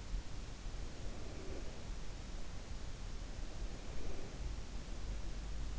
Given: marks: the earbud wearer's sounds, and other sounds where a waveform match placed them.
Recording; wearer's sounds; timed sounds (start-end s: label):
sounds in sleep by an in-ear microphone; breath
0.46-2.28 s: breath
2.86-4.83 s: breath